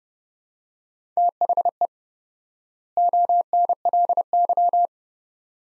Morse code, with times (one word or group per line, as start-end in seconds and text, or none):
1.2-1.9 THE
3.0-4.9 ONLY